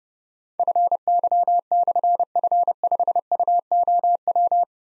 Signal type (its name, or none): Morse code